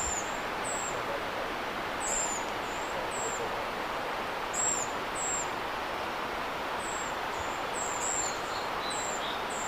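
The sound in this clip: Tit berrypecker calls: sharp, high-pitched short notes repeated irregularly, sometimes in quick pairs, with faint lower notes near the end, against constant background hiss.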